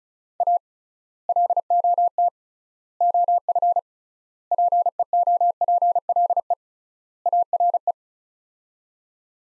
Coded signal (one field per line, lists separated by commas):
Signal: Morse code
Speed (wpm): 36 wpm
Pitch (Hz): 700 Hz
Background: none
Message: A LOT OF PEOPLE ARE